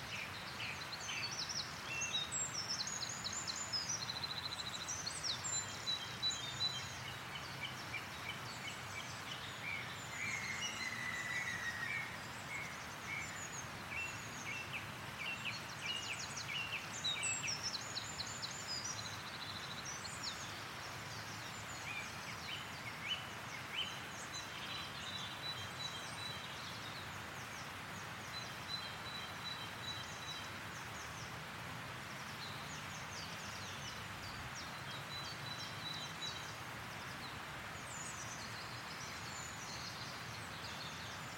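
A chorus of woodland birds sings in an oakwood, with overlapping bright chirps, trills and whistled phrases packed closely throughout. The songs are densest in the first twenty seconds, then ease slightly, over a steady soft hiss of open-air background.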